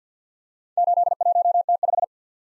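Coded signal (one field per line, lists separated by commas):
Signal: Morse code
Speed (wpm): 47 wpm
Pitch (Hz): 700 Hz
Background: none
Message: 81T5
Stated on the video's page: Morse practice drill of random four-character letter-number groups at 50 wpm, each sent, then spoken, then sent again for head-copy.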